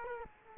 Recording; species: mosquito wingbeat signal from an infrared sensor; Culex quinquefasciatus